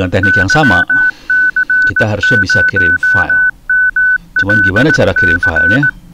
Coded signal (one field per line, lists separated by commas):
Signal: Morse code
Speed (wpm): 18 wpm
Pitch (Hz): 1500 Hz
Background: speech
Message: YC0MLC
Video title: 20201013 kirim file menggunakan HT apps FLDIGI dan FLAMP